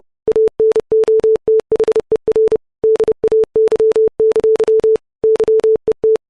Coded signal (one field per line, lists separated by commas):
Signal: Morse code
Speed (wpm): 30 wpm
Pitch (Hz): 440 Hz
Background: none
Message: ANOTHER DAY! YET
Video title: Morse Code Sine Wave At 30 WPM